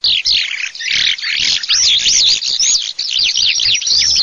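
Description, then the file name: Eurasian skylark singing a fast, unbroken warble of high chirps and looping, rising and falling whistled notes, delivered as an energetic continuous flow. "ALLODOLACIP"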